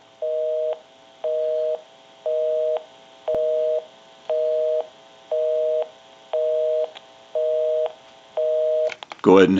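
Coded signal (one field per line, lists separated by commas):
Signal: telephone call progress tone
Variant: North America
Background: speech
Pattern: busy tone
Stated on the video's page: Tone heard on an Automatic Electric Monophone rotary telephone during its initial checkout and repair.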